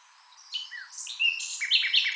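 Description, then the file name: Common nightingale song fragment, a quick sequence of high whistled and chirping notes rising in loudness. "Luscinia megarhynchos"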